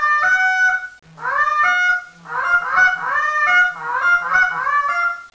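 Goose giving loud, nasal honks in quick succession, with a brief break after the first second.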